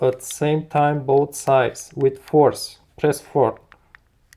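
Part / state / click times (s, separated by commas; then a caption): fob back cover onto fob housing / not seated / none. Someone talks while the plastic back cover of a Hyundai Sonata, Elantra, Tucson, Grandeur, Azera or Kona smart key fob is pressed onto the fob housing, squeezed on both sides at once with force after the coin cell battery has been replaced. Near the end, two faint, brief ticks sound at about 3.9 and 4.3 seconds. The clip stops before the cover goes home, and nothing has seated or clicked yet.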